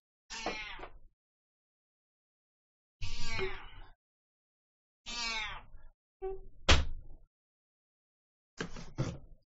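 A cat meows several times, each cry drawn-out and separated by silence, with a dull thump partway through and a quick pair of short meows at the end.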